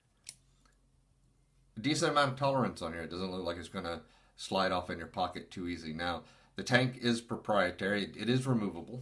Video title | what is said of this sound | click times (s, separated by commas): UD APRO 22 Vape Pen Review | it sits on these little rails and slides and snaps back into place | 0.3 s